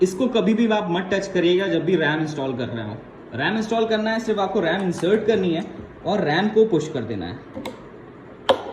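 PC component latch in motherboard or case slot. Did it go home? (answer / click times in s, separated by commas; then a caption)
yes / 8.5 s. During a PC build with an RTX 3060 and an MSI X570 Tomahawk WiFi motherboard, a component is pushed into its slot on the motherboard or case while someone talks. A faint tick sounds at 7.7 s, then a sharp click at 8.5 s as the latch locks the component in place.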